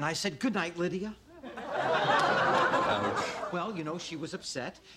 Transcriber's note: soundbite of laughter